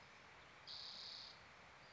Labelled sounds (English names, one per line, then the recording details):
Spotted Towhee
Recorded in Sonoma County, California